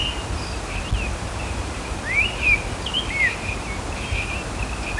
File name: Turdus fuscater - Great Thrush